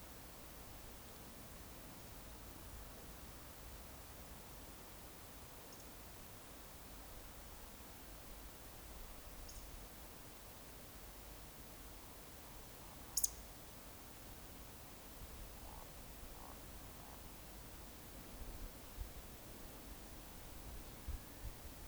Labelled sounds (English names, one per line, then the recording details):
Eurasian Woodcock whistle
Eurasian Woodcock croak
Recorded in Baden-Württemberg, Germany, on 19 May 2021 at 20:01 UTC
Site 45967, 814 m above sea level